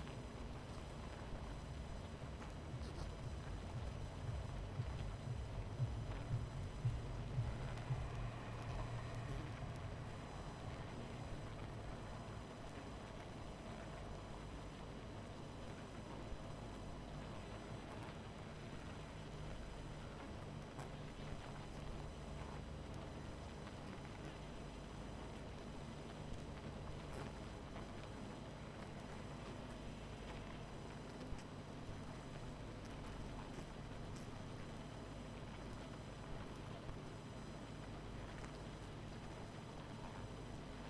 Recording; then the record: honeybee colony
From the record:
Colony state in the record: missing queen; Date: 14 July 2017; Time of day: 21:54